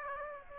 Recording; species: mosquito wingbeat signal from an infrared sensor; Aedes aegypti